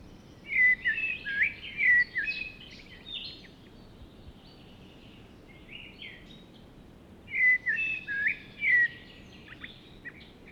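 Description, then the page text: Common blackbird singing two separate phrases, each a mellow whistled opening that breaks into squeaky, higher twitters, with a quiet pause between them and soft hiss throughout. "Игорь Никольский, Turdus merula - Чёрный дрозд Песня"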